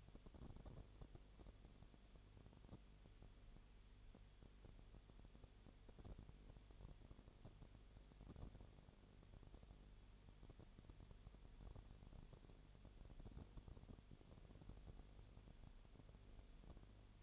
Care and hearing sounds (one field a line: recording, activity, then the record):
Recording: daily activity, microphone in the room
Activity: no activity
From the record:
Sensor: 4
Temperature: 22.7 degrees Celsius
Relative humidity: 32.0%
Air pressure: 1008.1 hPa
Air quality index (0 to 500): 114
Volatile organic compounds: 2 ppm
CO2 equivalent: 1102 ppm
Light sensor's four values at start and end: 2/3/1/1 and 2/3/1/1